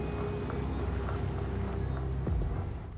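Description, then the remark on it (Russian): A car's engine rumbles steadily with a low droning hum, then revs as the vehicle pulls away, the sound tapering off at the end. No one speaks. “Машина Вадима трогается с места и уезжает.”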